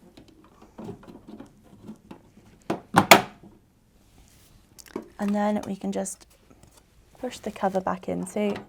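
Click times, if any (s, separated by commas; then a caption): 3.1 s. A plastic filter cover is pushed back onto the front panel of a Samsung ecobubble washing machine after the drain pump has been replaced. It clicks into place with a loud, sharp hit at 3.1 s, just after a smaller knock at 2.7 s. Someone talks before and after, and the cover ends up seated.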